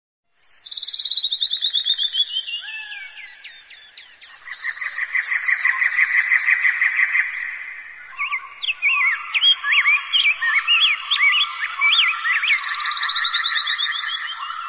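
A flock of birds flying back to their nests as the last sunset light fades calls at once in a busy chorus, with loud descending whistles, rapid repeated chirps and a steady trilling chatter overlapping for the whole stretch, without any talking.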